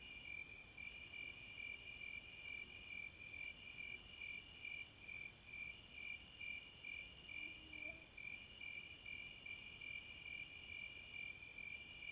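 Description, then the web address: Cricket chorus, steady pulsing chirps and a high trill that drops out every few seconds. Crickets at midnight. "Sleep Sounds of Nature CRICKETS"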